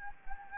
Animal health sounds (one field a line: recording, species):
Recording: mosquito wingbeat signal from an infrared sensor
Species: Anopheles gambiae